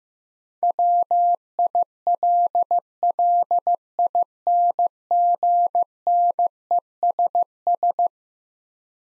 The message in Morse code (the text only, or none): WILLINGNESS